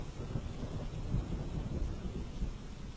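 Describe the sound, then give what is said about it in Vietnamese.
Heavy rain from a storm pours steadily while deep thunder rumbles and rolls underneath, swelling in low booming surges throughout the stretch, with no voices present. “Mấy ngày liền trời vẫn mưa như chút. Trận bão này đến sớm hơn thường lệ, khiến người làng chẳng ai kịp chuẩn bị.”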